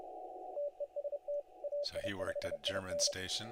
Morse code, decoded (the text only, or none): TEST AI5IN